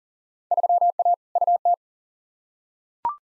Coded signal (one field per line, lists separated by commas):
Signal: Morse code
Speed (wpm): 40 wpm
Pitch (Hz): 700 Hz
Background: none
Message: 3A UT